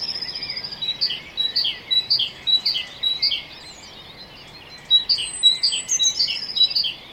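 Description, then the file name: Great tit delivers a long string of see-saw two-note phrases, pauses briefly, then resumes; a thin high whistle is heard near the end. "Parus major"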